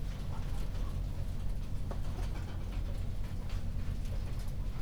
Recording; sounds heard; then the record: poultry house recording; healthy chickens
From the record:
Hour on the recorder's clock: 1